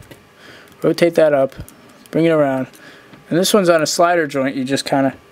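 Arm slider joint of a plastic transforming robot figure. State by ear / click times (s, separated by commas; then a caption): not seated / none. Someone talks while handling the arm of a small plastic Fansproject Xfire 02EX Quake transforming robot figure, rotating it up and bringing it around to the arm's slider joint during transformation. The clip ends before the slider joint is pushed home, so nothing has seated or clicked yet.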